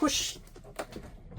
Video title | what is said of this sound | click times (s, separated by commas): Video 5 - Outrider 15 B3 offroad front and rear water tanks, windows blinds, mozzie screens, aircon | So you have a little gray button. You need to click that down on all of them. | 0.8 s